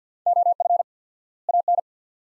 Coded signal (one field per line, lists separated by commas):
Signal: Morse code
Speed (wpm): 49 wpm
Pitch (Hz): 700 Hz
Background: none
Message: OF AN